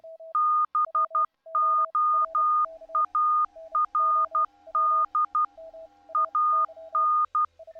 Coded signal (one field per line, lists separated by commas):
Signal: Morse code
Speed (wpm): 12 wpm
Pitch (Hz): 1220 Hz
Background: none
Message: BOARD AN